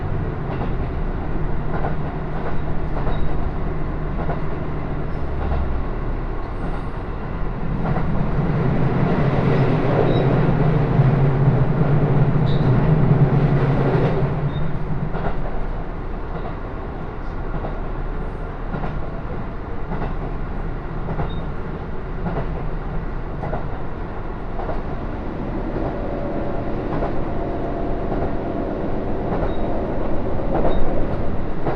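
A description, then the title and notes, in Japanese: A local train on the Takayama Main Line runs steadily, its low rumble continuous throughout. A deeper, louder hum swells from about 8 to 15 seconds, and faint rail clicks and rattles recur irregularly over the constant drone. 高山本線普通 上呂→下油井。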